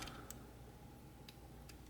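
Wire plugs are pushed into small board connectors inside a DIY game controller shell, giving three soft, sharp ticks at 0.3, 1.3 and 1.7 seconds over a low, steady hum. The wire connectors click in and are seated.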